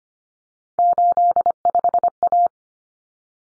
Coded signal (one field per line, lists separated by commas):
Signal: Morse code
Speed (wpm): 25 wpm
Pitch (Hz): 700 Hz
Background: none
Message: 85A